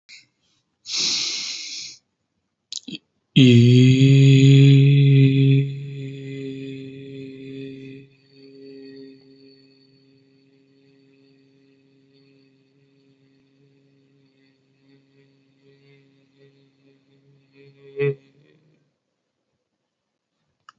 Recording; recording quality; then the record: sustained vowel as in beet; poor, much background noise or distortion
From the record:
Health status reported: healthy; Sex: male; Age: 30 years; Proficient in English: yes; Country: India